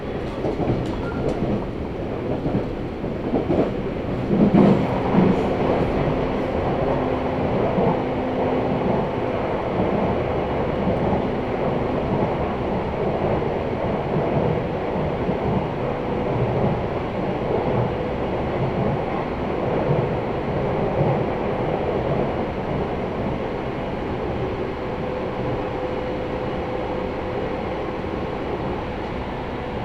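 Train ride on the Sasebo Line from Arita toward Kitahō: a steady, dense low rumble of the running train fills all thirty seconds. A few brief clanks and clicks come early, around four to six seconds, and faint whining tones drift in and out above the roar.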